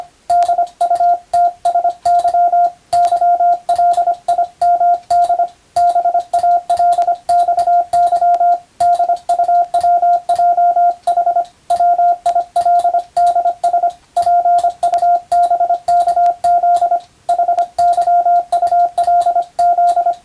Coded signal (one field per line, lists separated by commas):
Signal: Morse code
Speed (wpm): 25 wpm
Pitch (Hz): 700 Hz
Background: radio noise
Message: DUTSY YLIMD BALXY DUWJH WILDS PUBKZ HYULZ